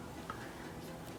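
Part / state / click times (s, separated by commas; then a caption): accessory part onto action figure / seated / 0.3 s. A swappable part is pushed onto an SH Figuarts Captain Marvel plastic action figure and seats with a short, faint click at 0.3 s. The click may be hard to hear, but the part is felt to hold once it is in the correct position. The rest of the clip is a low, steady background.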